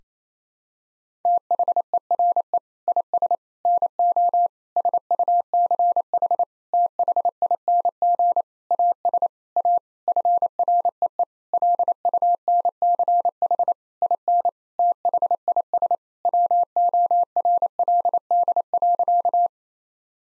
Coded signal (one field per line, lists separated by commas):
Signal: Morse code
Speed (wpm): 27 wpm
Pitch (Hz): 700 Hz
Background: none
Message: THERE IS NO SUCH THING AS A FREE LUNCH IN THIS WORLD.